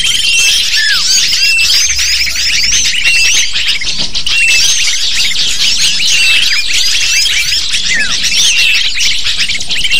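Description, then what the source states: Many lovebirds chattering at once, a constant high buzz of squeaky chips and short upward flicks, steady in loudness throughout. Lure call (pikat) to attract lovebirds.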